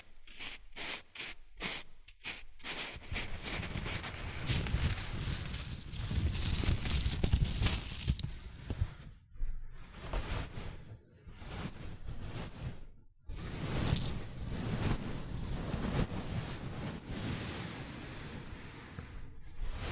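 Shredded tissue and packing peanuts rustle and crinkle in bursts. A quick run of short crackles in the first few seconds gives way to a thicker, continuous scrunching that swells and fades, broken by brief silent gaps around 9, 11 and 13 seconds.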